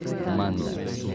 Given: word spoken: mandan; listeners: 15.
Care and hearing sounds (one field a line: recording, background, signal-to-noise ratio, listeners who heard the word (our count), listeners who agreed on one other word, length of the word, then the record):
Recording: one Spanish word in noise, from a listening test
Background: eight-talker babble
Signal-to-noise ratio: 0.4 dB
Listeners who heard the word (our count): 0 of 15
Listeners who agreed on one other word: 6 of 15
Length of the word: 0.75 s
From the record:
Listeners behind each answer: 6, 2, 2, 1, 1, 1, 1, 1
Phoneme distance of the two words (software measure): 27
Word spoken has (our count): 2 syllables, 6 phonemes, stress on syllable 1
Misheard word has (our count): 2 syllables, 5 phonemes, stress on syllable 1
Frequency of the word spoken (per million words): 5.25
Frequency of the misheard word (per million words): 247.35